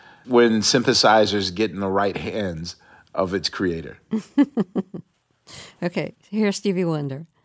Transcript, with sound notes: This is when synthesizers get in the right hands of its creator.
(Laughter) OK. Here's Stevie Wonder.